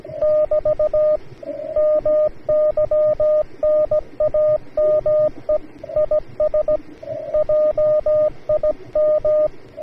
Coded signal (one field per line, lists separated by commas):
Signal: Morse code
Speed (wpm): 17 wpm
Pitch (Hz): 610 Hz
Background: radio noise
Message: <BT> MY NAME IS JIM